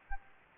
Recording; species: mosquito wingbeat signal from an infrared sensor; Anopheles gambiae